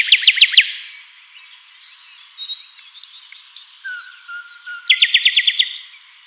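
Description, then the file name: Common nightingale song: a loud rapid trill of repeated notes, then quiet pure whistles and a long low note, ending in another fast rattling series of high notes. "Luscinia megarhynchos"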